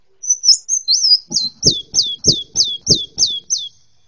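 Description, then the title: Sunbird chirping: a run of high, thin, down-slurred notes with soft low thumps under most of them. "kicau kolibri"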